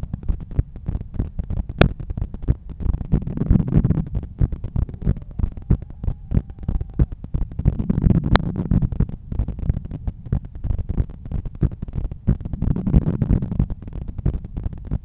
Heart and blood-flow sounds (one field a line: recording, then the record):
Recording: heart sounds by stethoscope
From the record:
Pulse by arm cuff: 94 bpm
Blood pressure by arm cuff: 143/94 mmHg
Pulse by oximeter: 97 bpm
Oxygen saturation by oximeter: 96%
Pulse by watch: 96 bpm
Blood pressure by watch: 133/87 mmHg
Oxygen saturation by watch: 97%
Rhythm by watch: sinus rhythm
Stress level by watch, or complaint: low stress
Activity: after 5 min smoking and coffee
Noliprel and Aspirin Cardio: after pills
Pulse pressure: 49 mmHg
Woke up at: 7:20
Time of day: 8:21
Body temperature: 36.9 C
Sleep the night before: 8 h 11 min, score 61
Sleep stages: REM 22%, light 68%, deep 3%, awake 7%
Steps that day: 9500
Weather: cloudy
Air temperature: 16.7 C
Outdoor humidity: 84%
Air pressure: 1014 hPa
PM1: 10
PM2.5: 15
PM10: 18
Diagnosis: hypertension, treated with Noliprel and Aspirin Cardio 100 mg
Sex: male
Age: 53 years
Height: 174 cm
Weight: 81 kg